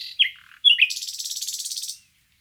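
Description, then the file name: Common nightingale song: two sharp notes, then a fast rattling trill of rapidly repeated notes lasting about a second. "Luscinia megarhynchos"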